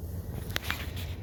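On a Yamaha Phazer snowmobile, with the suspension spring laid into its channel, a spring retainer piece of the suspension is flipped back up and pushed into the suspension assembly. Over a low background rumble, sharp clicks at 0.6 s and 0.7 s mark the piece snapping back into place, seated.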